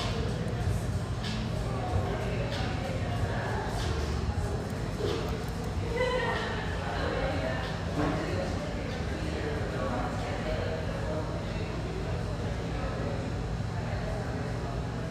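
Coffee shop ambience near Portland's Willamette riverfront, a steady murmur of overlapping voices with no single speaker standing out. A low constant hum runs underneath, and brief brighter clinks and knocks surface now and then, especially around the middle.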